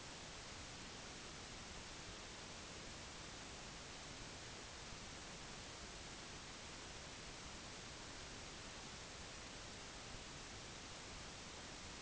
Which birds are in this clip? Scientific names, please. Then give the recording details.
none. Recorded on Arctic tundra, site NAIT-1, on 25 June 2019. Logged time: 10:00